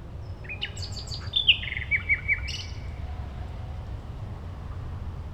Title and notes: Mitte, Berlin, Germany - nachtigall in der gartenstraße. eine nachtigall am spielplatz gartenstraße, a nightingale at playground, gartenstraße